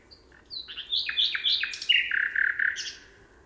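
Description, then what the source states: Common nightingale song: a varied phrase of rich, rapid notes and descending slurs, delivered in about three seconds. 26 June.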